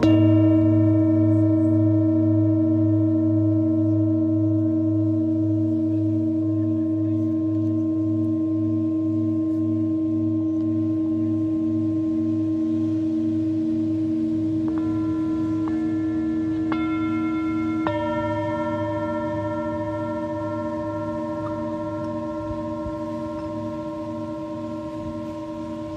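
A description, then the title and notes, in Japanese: A singing bowl rings on in a long, steady hum, its deep low tone pulsing gently with a slow wobble. Around fifteen seconds a few brighter, higher tones join in, changing briefly before settling. The sound fades very slowly over the whole clip. メキシコから シンギングボウルのサウンドヒーリング ライブ。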